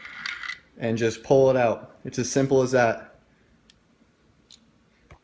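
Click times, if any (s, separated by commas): 0.3 s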